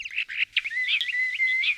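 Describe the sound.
Bird song fragment, a quick run of bright chirpy notes followed by a thin, steady whistled tone with small flicks, under two seconds long.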